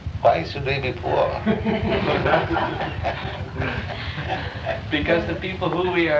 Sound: laughter